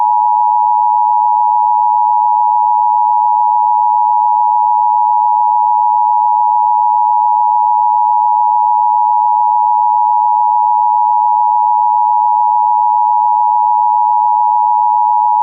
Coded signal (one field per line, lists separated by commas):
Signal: Emergency Alert System (SAME) tones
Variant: 853 and 960 Hz attention tone